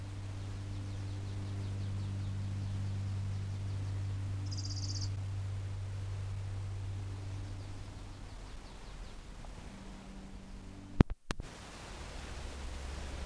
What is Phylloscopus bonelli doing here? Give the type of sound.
song